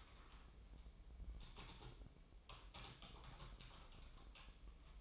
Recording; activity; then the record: daily activity, microphone in the room; typing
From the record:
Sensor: 1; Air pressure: 988.8 hPa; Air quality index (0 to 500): 204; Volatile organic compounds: 1000 ppm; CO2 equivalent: 5430 ppm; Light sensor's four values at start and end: 25/93/35/37 and 25/93/35/37